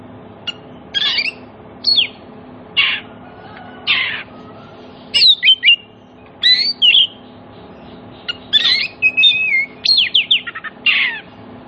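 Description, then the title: Oriental magpie-robin song of short separate harsh notes early, then denser bursts of whistles and chattering trills later; steady low hum in the background. Played as a lure so that silent magpie-robins answer and sing energetically (gacor) within about five minutes. "Cukup Hitungan Menit Kacer Lain Bisa Bunyi. CUKUP 5 Menit Kacer LAIN NYAUT JADI GACOR, PANCINGAN KACER MACET BUNYI"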